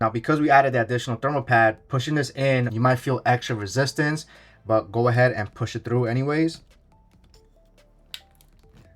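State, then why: Seated. Someone talks while an M.2 heatsink cover with an added thermal pad is pushed back into the tool-less latch on an AORUS Pro ICE motherboard's main M.2 socket against extra resistance. After the talking stops, faint handling is followed by a sharp click at 8.1 s as the latch locks and the heatsink seats.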